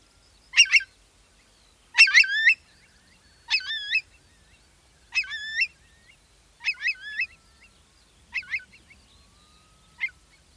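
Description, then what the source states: Eurasian Curlew alarm calls, loud harsh bursts with bubbling rising notes, repeated roughly every one and a half seconds in an otherwise quiet night. Calls began as alarm at the recordist's presence and soon calmed; night on open moorland, Dryburn Moor, North Pennines, Northumberland, early May 2022, binaural.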